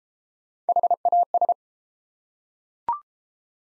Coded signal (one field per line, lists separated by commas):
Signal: Morse code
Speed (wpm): 29 wpm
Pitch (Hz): 700 Hz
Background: none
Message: HAS